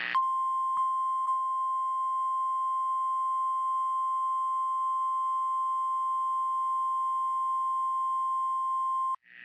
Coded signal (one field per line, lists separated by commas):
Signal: Emergency Alert System (SAME) tones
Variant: 1050 Hz attention tone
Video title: Tornado Warning Louisiana Noaa Weather Radio Station WXK 80 Lafayette LA